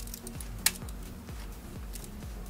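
A torque wrench set to 22 Nm tightens camshaft cap bolt number two in the cylinder head of a Hyundai Elantra 1.8/2.0 Nu engine. Over a steady low background with repeated falling tones, a loud, sharp click rings out at 0.7 s as the wrench breaks at its setting, confirming the bolt is torqued.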